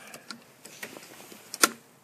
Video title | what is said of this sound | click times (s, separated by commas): Ford Focus & Escape Sticking Throttle Body 4cyl Engines | until it snaps like that and you know you're good | 1.6 s